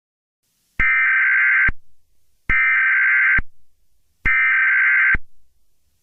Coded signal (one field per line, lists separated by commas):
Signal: Emergency Alert System (SAME) tones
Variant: header bursts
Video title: EAS civil danger alert 🚨